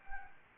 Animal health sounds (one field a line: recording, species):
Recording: mosquito wingbeat signal from an infrared sensor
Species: Anopheles gambiae